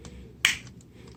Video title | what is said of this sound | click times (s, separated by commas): Chuck's Reviews Transformers Cyberverse Spark Armor Elite Class Cheetor | you do peg it in all the way you'll hear that snap | 0.5 s